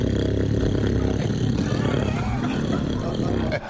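A father's loud, not-so-subtle snore: a rough, low rumbling sound that lasts about three and a half seconds, then stops abruptly.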